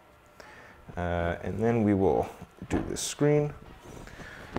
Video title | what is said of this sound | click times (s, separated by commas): CREALITY ENDER 3 V3 - UNBOX, ASSEMBLY & TEST PRINTS | so that it locks in | 0.4 s